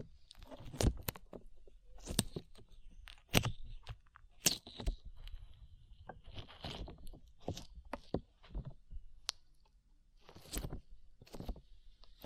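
Slime being squished and pulled makes sticky, wet clicks and pops that come in quick irregular bursts, roughly one or two each second. Sharp snaps stand out near the start, the middle and the end, while a soft low rumble and faint hiss sit underneath.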